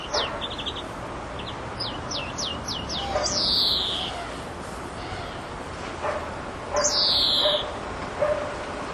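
European greenfinch calls: a rapid run of sharp chirps, then two drawn-out buzzy descending notes a few seconds apart, with faint lower chirps in between.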